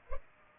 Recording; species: mosquito wingbeat signal from an infrared sensor; Culex pipiens